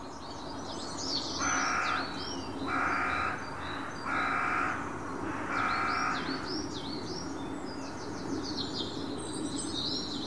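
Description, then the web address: Bird calling with four harsh, drawn-out caws spaced about every one and a half seconds, while other birds chirp steadily in the background. "Deverinetal 2025 File origin Bird Only"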